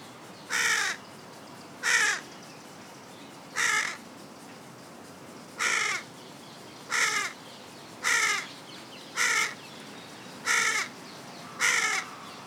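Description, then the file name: Carrion crow caws, harsh and hoarse, nine calls mostly a second or so apart. "Corvus corone"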